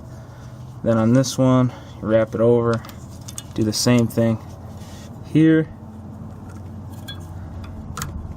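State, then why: Seated. A brake pad wear sensor on an Audi Q7 is wrapped over and pushed into the second brake pad's metal backing plate, with someone talking over low background noise and faint metallic jingling. The sensor seats with a sharp click at 8.0 seconds.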